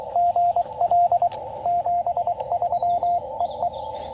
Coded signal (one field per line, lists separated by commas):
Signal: Morse code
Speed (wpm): 22 wpm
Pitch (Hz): 700 Hz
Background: radio noise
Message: GL 73 EE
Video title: FTX-1 QRP CW Activation at Hagerman National Wildlife Refuge